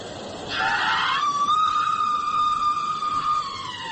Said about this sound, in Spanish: La he oído gritar a menudo.